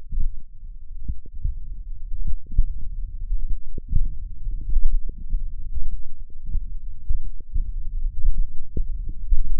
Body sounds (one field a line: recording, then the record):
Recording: forearm muscle sounds (acoustic myography)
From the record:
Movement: finger pinch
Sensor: system 1, eight BSWA MPA416 microphones around the upper forearm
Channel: 8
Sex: male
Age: 21 years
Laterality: right